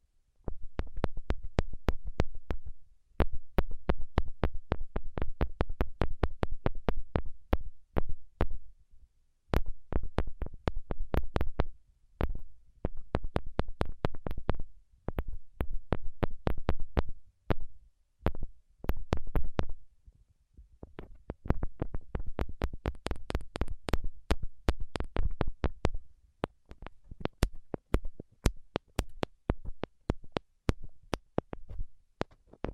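Rapid, sharp tapping comes in dense bursts of a few seconds each, with short silent gaps between, continuing steadily across the whole stretch.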